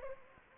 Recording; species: mosquito wingbeat signal from an infrared sensor; Anopheles arabiensis